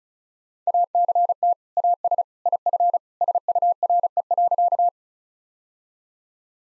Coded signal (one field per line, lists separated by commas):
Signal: Morse code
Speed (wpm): 36 wpm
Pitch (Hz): 700 Hz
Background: none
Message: ACT AS IF SURE.